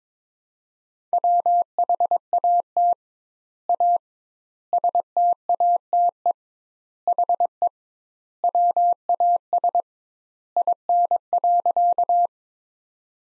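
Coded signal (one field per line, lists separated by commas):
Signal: Morse code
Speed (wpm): 22 wpm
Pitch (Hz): 700 Hz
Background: none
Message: WHAT A STATE HE WAS IN.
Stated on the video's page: Morse practice at 22 wpm: sentences from the top 400 words sent with 2x standard word spacing, a word-based Farnsworth-like method.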